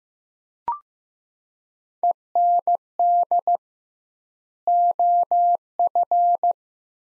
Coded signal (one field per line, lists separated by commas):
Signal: Morse code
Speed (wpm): 15 wpm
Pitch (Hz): 700 Hz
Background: none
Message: END OF